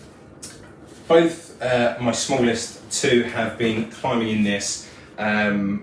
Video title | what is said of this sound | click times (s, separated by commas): Fitness Dads, We've found the pushchair for you! The Cybex Zeno Multi Sport | and they just attach on and the front one has this detachable wheel that just slides and clicks into place | 0.4 s